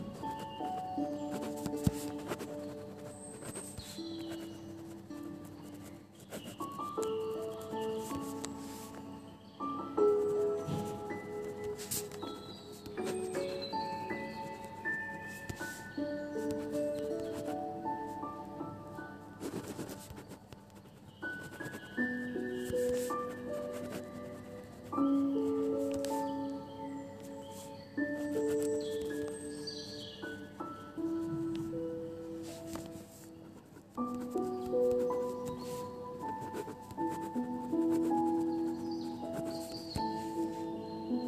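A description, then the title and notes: Soft piano plays slow, sustained notes and chords in the mid range, with quiet high twittering and a faint steady hiss underneath. Piano edition with rain first then forest sounds.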